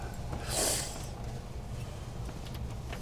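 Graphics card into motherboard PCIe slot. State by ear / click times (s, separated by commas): not seated / none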